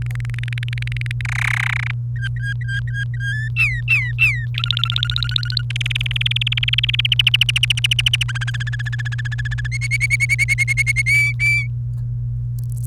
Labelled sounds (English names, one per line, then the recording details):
Domestic Canary song
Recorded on 28 April 2018 at 17:51
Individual llb3